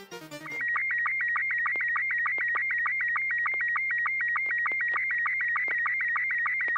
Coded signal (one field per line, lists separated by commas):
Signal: SSTV (slow-scan television)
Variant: Robot 72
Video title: N6NA SSTV Net - 10/25/2023